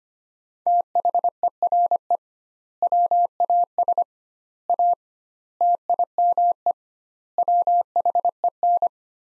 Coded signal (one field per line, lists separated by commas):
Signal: Morse code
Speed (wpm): 25 wpm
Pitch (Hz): 700 Hz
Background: none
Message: THERE WAS A TIME WHEN